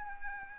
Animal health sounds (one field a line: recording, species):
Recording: mosquito wingbeat signal from an infrared sensor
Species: Anopheles arabiensis